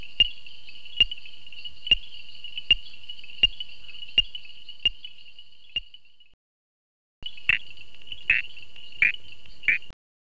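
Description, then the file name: Common reed frog calls: sharp clicking notes with a steady high ringing tone, repeated about once a second, a short break of silence after about six seconds. "Hyperolius viridiflavus"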